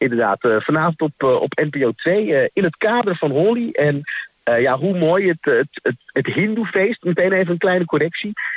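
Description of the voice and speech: Adult man speaking Dutch in a radio interview repeats a word four times rapidly and restarts phrases, with filled pauses: stuttering with whole-word repetitions.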